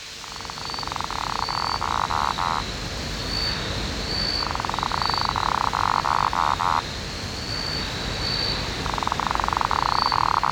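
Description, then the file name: Lesueur's frog giving rapid purring trills of two to three seconds, repeated roughly every four seconds, with a high rhythmic insect chirping and constant background noise. "Litoria lesueurii"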